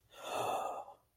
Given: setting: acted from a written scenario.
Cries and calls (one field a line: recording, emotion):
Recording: vocal sound without words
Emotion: awe